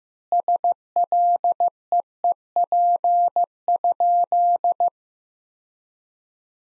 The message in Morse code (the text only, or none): SLEEP?